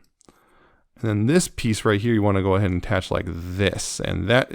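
A plastic toy piece, removed from one part of a transforming robot figure, is pushed into a socket on the figure and pops into place with a sharp click at 0.2 s. Faint handling noise surrounds it, then someone talks.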